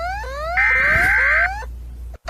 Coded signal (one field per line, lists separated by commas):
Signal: Emergency Alert System (SAME) tones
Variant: header bursts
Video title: ECUADOR EAS ALARM 🇪🇨 1830